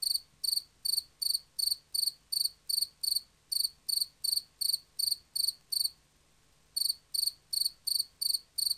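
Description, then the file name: Field cricket song: steady chirps of a few quick pulses each, repeated close to three times a second, with a brief pause near the end before chirping resumes. "markfårekylling"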